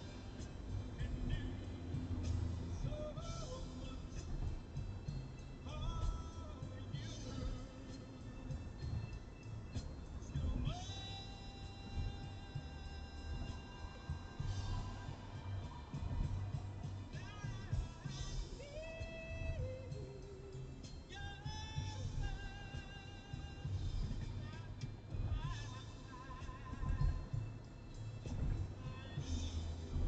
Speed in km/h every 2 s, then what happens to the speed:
82, 82, 82, 81, 83, 83, 82, 79, 77, 76, 75, 74, 76, 78, 81.
0-11 steady at about 82. 11-21 slows to 74. 21-30 speeds up to 81.